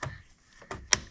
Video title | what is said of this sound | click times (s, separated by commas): 2013-2015 Land Rover LR2 2.0L Spark Plug Replacement -- #landrover #lr2 #rangerover | okay push it on it snaps in place | 0.9 s